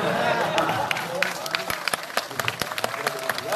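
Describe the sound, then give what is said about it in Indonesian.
An audience claps, most of it from one side of the crowd, a dense wash of many hands at first that thins into scattered, sharper individual claps toward the end, with a low murmur of voices underneath. “Yang tidak tepuk tangan ya, ini yang banyak tepuk tangan sebelah sini”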